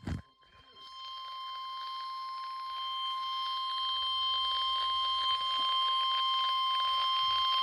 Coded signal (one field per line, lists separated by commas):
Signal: Emergency Alert System (SAME) tones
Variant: 1050 Hz attention tone